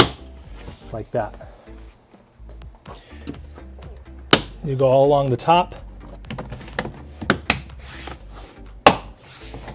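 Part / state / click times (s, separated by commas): white plastic trim clips into car panel slots / seated / 7.3 s, 7.5 s, 8.9 s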